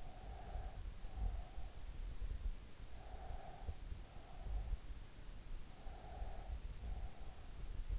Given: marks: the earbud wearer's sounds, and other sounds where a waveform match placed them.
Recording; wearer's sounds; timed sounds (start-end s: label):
sounds in sleep by an in-ear microphone; breath
0.00-1.81 s: breath
2.91-5.13 s: breath
5.80-7.58 s: breath